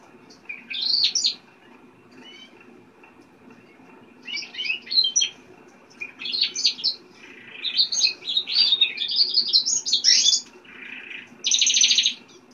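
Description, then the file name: Japanese Hoso canary song in bursts of high chirps and rapid trills separated by short pauses, ending in a dense buzzy trill, over a faint low hum. "canto do canario hoso japones"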